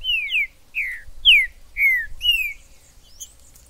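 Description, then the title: Green-winged saltator song: six loud, full whistled notes, each gliding down, delivered about twice per second, ending with a faint high chirp. In the forest: calling, singing and male territorial dispute; used to stimulate a kept trinca-ferro. "TRINCA Piando, Cantando E Macheando Na DISPUTA. TRINCA FERRO no MATO. Trinca ferro MAJOR no MATO"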